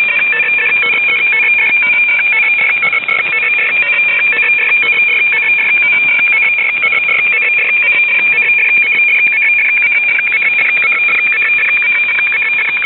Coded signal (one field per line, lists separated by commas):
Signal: weather fax (radiofax)